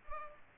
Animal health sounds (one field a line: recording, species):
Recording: mosquito wingbeat signal from an infrared sensor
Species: Culex pipiens